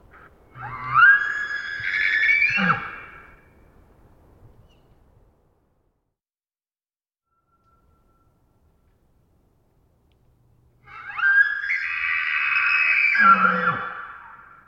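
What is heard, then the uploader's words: Two wild elk screams, one at the start and another near the end, each rising into a shrill, warbling whistle and ending in a low grunt. Between them is a long stretch of near silence with only a faint low rumble. Wild Elk Screams. Elk Screams, isolated from Double mid-side soundscape original, multiple herds surround campsite in early morning hours, processed with light noise expansion Recorded in the Beautiful Pacific Northwest in Washington, Untied States.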